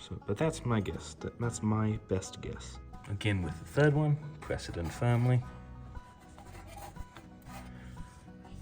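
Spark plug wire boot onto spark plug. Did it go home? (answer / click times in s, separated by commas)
yes / 7.2 s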